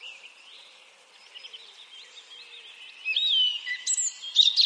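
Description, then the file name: Eurasian blackcap song: a quiet, rambling warble that swells into louder, clearer phrases near the end. "Sylvia atricapilla"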